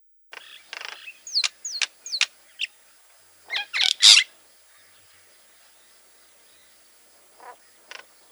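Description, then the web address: Myna calls: a few sharp downslurred whistles and clicks, then harsh loud squawks, over a steady faint background hiss. "soud Majna"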